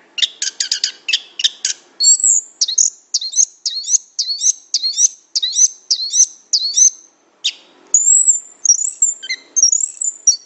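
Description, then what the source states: Orange-headed thrush song opening with a quick chatter, then a high whistled phrase repeated about twice a second, ending in varied slurred notes. Described as gacor, in vigorous song.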